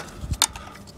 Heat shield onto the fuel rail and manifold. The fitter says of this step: feel it kind of snap into place there you go nice